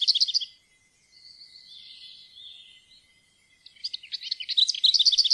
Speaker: Møllerens klaprende sangavslutning har gitt opphav til dens navn.